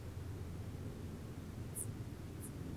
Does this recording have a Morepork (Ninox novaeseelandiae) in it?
no